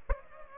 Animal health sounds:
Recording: mosquito wingbeat signal from an infrared sensor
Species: Aedes aegypti

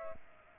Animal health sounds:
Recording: mosquito wingbeat signal from an infrared sensor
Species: Aedes aegypti

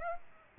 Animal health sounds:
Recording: mosquito wingbeat signal from an infrared sensor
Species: Aedes aegypti

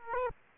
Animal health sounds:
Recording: mosquito wingbeat signal from an infrared sensor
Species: Aedes aegypti

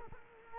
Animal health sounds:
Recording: mosquito wingbeat signal from an infrared sensor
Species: Culex quinquefasciatus

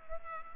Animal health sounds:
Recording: mosquito wingbeat signal from an infrared sensor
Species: Culex pipiens

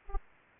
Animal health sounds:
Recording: mosquito wingbeat signal from an infrared sensor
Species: Aedes aegypti

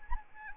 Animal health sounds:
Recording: mosquito wingbeat signal from an infrared sensor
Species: Anopheles arabiensis

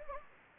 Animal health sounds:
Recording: mosquito wingbeat signal from an infrared sensor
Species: Anopheles gambiae

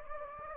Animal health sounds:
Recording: mosquito wingbeat signal from an infrared sensor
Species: Anopheles gambiae

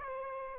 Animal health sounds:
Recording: mosquito wingbeat signal from an infrared sensor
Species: Aedes albopictus

